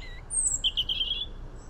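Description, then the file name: European robin song: a brief fragment of very high thin whistles running into a quick, rippling trill. "Erithacus rubecula"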